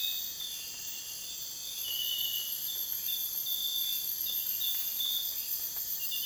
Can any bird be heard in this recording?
no